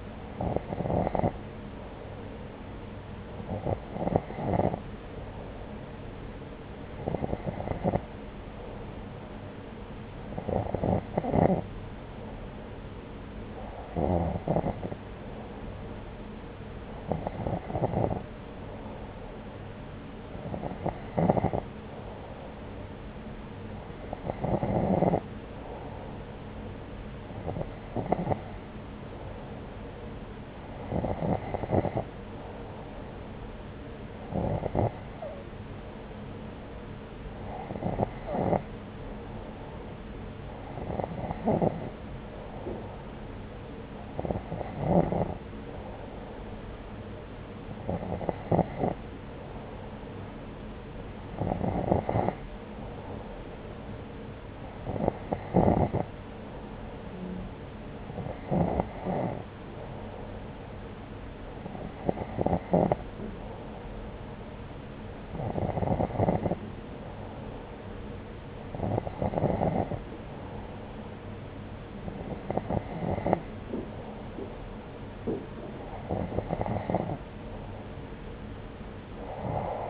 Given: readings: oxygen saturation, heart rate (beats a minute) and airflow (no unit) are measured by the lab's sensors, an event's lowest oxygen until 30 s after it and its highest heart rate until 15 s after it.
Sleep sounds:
breathing in sleep by a voice recorder at the bedside; none
none scored
From the record:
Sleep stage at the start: N2 (light sleep); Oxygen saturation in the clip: 90 to 92%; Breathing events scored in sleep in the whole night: 303 in 8.1 hours asleep

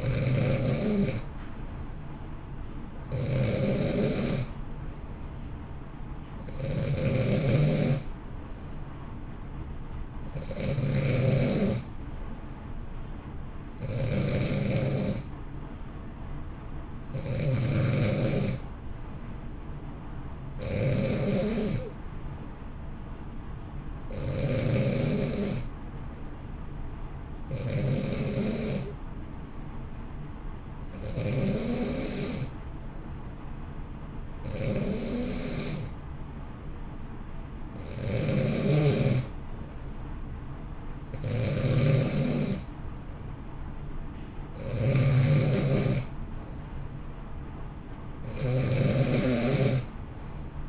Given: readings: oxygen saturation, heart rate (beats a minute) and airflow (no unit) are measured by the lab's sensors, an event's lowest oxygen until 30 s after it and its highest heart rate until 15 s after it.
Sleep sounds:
breathing in sleep by a smartphone at the bedside; 2
4.00-17.10 s: hypopnea (N2, oxygen 91% highest, then 89% lowest, heart rate 62 at the start, 62 highest)
27.00-43.00 s: hypopnea (N2, oxygen 91% highest, then 88% lowest, heart rate 59 at the start, 63 highest)
From the record:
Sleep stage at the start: N2 (light sleep); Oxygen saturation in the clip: 89 to 91%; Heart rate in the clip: 59 to 64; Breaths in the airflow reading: 15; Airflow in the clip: -0.9 to 1.1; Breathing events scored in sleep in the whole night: 328 in 6.3 hours asleep

